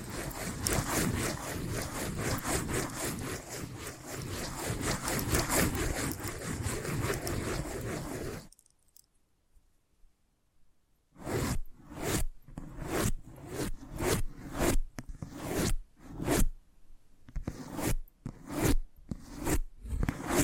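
Dense, rapid scratching fills the first eight seconds as a rough, continuous rasp. After a silent gap of about two and a half seconds, separate tapping and scraping strokes return, short bright bursts arriving irregularly, roughly one or two per second, until the end.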